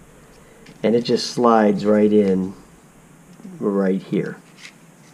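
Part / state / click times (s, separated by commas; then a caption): removable LiPo battery into micro drone body / not seated / none. A small removable 3.7 350 LiPo battery is handled at the plastic bay of a JJRC PLANC ultra-thin micro drone, about to slide in, while someone talks. Only faint handling noise is heard under the voice. Nothing has seated or clicked yet.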